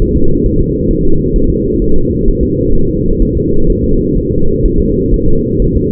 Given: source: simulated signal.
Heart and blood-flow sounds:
fetal heart sounds
0.02 s: S1
0.16 s: S2
0.46 s: S1
0.61 s: S2
0.91 s: S1
1.05 s: S2
1.36 s: S1
1.50 s: S2
1.82 s: S1
1.96 s: S2
2.28 s: S1
2.43 s: S2
2.75 s: S1
2.89 s: S2
3.22 s: S1
3.37 s: S2
3.70 s: S1
3.84 s: S2
4.18 s: S1
4.32 s: S2
4.66 s: S1
4.80 s: S2
5.14 s: S1
5.28 s: S2
5.62 s: S1
5.76 s: S2
From the record:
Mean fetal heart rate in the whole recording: 130 bpm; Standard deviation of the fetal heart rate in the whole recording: 4 bpm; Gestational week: 38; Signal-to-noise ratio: -19.1 dB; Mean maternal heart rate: 72 bpm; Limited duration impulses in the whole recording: present

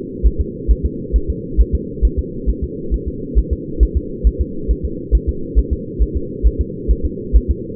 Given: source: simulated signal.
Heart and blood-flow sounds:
fetal heart sounds
0.26 s: S1
0.41 s: S2
0.71 s: S1
0.86 s: S2
1.16 s: S1
1.30 s: S2
1.61 s: S1
1.75 s: S2
2.05 s: S1
2.19 s: S2
2.50 s: S1
2.64 s: S2
2.94 s: S1
3.08 s: S2
3.38 s: S1
3.53 s: S2
3.83 s: S1
3.97 s: S2
4.27 s: S1
4.41 s: S2
4.71 s: S1
4.85 s: S2
5.15 s: S1
5.29 s: S2
5.59 s: S1
5.73 s: S2
6.02 s: S1
6.17 s: S2
6.46 s: S1
6.61 s: S2
6.91 s: S1
7.05 s: S2
7.36 s: S1
7.51 s: S2
From the record:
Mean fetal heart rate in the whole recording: 135 bpm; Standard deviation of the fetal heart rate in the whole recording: 3 bpm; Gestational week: 34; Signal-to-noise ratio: -4.3 dB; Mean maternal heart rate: 72 bpm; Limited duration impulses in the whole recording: absent

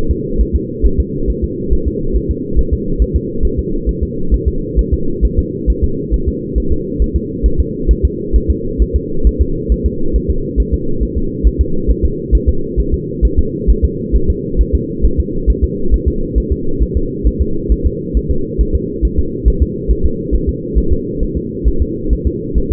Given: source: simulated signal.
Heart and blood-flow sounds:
fetal heart sounds
0.11 s: S2
0.41 s: S1
0.56 s: S2
0.85 s: S1
1.00 s: S2
1.30 s: S1
1.44 s: S2
1.73 s: S1
1.88 s: S2
2.16 s: S1
2.31 s: S2
2.59 s: S1
2.73 s: S2
3.02 s: S1
3.16 s: S2
3.45 s: S1
3.59 s: S2
3.89 s: S1
4.03 s: S2
4.34 s: S1
4.48 s: S2
4.79 s: S1
4.94 s: S2
5.25 s: S1
5.39 s: S2
5.70 s: S1
5.84 s: S2
6.14 s: S1
6.28 s: S2
6.58 s: S1
6.72 s: S2
7.02 s: S1
7.16 s: S2
7.46 s: S1
7.60 s: S2
7.91 s: S1
8.05 s: S2
8.36 s: S1
8.50 s: S2
8.82 s: S1
8.96 s: S2
9.27 s: S1
9.41 s: S2
9.72 s: S1
9.86 s: S2
10.16 s: S1
10.30 s: S2
10.60 s: S1
10.74 s: S2
11.03 s: S1
11.18 s: S2
11.47 s: S1
11.61 s: S2
11.90 s: S1
12.05 s: S2
12.35 s: S1
12.49 s: S2
12.79 s: S1
12.94 s: S2
13.25 s: S1
13.39 s: S2
13.70 s: S1
13.84 s: S2
14.16 s: S1
14.30 s: S2
14.61 s: S1
14.75 s: S2
15.05 s: S1
15.20 s: S2
15.50 s: S1
15.64 s: S2
15.94 s: S1
16.08 s: S2
16.38 s: S1
16.52 s: S2
16.82 s: S1
16.97 s: S2
17.27 s: S1
17.42 s: S2
17.72 s: S1
17.86 s: S2
18.17 s: S1
18.31 s: S2
18.61 s: S1
18.75 s: S2
19.05 s: S1
19.19 s: S2
19.48 s: S1
19.62 s: S2
19.91 s: S1
20.06 s: S2
20.34 s: S1
20.49 s: S2
20.78 s: S1
20.93 s: S2
21.23 s: S1
21.37 s: S2
21.68 s: S1
21.82 s: S2
22.13 s: S1
22.27 s: S2
22.58 s: S1
22.72 s: S2
From the record:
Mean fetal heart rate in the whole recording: 135 bpm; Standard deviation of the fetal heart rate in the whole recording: 3 bpm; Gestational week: 34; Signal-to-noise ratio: -8.1 dB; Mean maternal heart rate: 72 bpm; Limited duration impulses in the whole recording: absent

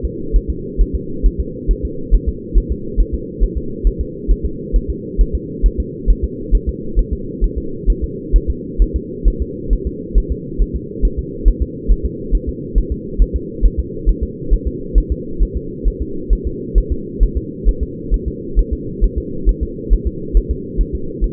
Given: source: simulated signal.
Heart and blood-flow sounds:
fetal heart sounds
0.05 s: S2
0.36 s: S1
0.50 s: S2
0.81 s: S1
0.95 s: S2
1.26 s: S1
1.40 s: S2
1.71 s: S1
1.85 s: S2
2.14 s: S1
2.28 s: S2
2.58 s: S1
2.72 s: S2
3.00 s: S1
3.14 s: S2
3.43 s: S1
3.57 s: S2
3.87 s: S1
4.01 s: S2
4.31 s: S1
4.45 s: S2
4.76 s: S1
4.90 s: S2
5.21 s: S1
5.35 s: S2
5.66 s: S1
5.80 s: S2
6.10 s: S1
6.24 s: S2
6.55 s: S1
6.69 s: S2
6.99 s: S1
7.13 s: S2
7.44 s: S1
7.58 s: S2
7.90 s: S1
8.04 s: S2
8.36 s: S1
8.50 s: S2
8.82 s: S1
8.96 s: S2
9.28 s: S1
9.42 s: S2
9.73 s: S1
9.87 s: S2
10.18 s: S1
10.32 s: S2
10.62 s: S1
10.76 s: S2
11.05 s: S1
11.19 s: S2
11.48 s: S1
11.62 s: S2
11.91 s: S1
12.06 s: S2
12.35 s: S1
12.49 s: S2
12.78 s: S1
12.92 s: S2
13.22 s: S1
13.36 s: S2
13.65 s: S1
13.79 s: S2
14.09 s: S1
14.23 s: S2
14.53 s: S1
14.67 s: S2
14.98 s: S1
15.12 s: S2
15.43 s: S1
15.57 s: S2
15.88 s: S1
16.02 s: S2
16.33 s: S1
16.47 s: S2
16.78 s: S1
16.92 s: S2
17.23 s: S1
17.37 s: S2
17.69 s: S1
17.83 s: S2
18.14 s: S1
18.28 s: S2
18.59 s: S1
18.73 s: S2
19.04 s: S1
19.18 s: S2
19.49 s: S1
19.63 s: S2
19.93 s: S1
20.07 s: S2
20.37 s: S1
20.51 s: S2
20.81 s: S1
20.95 s: S2
21.24 s: S1
From the record:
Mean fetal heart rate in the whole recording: 135 bpm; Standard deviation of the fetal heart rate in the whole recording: 3 bpm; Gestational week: 36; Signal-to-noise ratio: -4.3 dB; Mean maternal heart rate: 72 bpm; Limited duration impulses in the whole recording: absent

